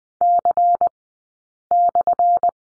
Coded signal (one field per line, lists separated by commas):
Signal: Morse code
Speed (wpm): 20 wpm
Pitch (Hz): 700 Hz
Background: none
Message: C/